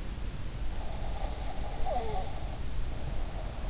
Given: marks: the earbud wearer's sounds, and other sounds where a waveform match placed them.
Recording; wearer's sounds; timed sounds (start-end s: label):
sounds in sleep by an in-ear microphone; breath
1.07-3.68 s: breath